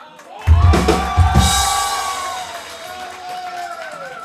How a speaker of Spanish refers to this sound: No, me quedé pensando, ¿viste que yo aplaudí y aplauden todos? Aplaudí, aplaudí, a ver. Aplaude uno y aplaude. Mirá.